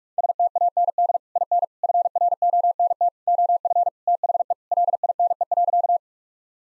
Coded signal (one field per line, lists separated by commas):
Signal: Morse code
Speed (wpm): 46 wpm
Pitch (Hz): 700 Hz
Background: none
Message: STAND IN FRONT OF THE LINE.